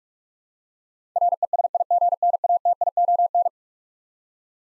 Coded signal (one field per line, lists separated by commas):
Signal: Morse code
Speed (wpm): 46 wpm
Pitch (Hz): 700 Hz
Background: none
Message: RESIGNATION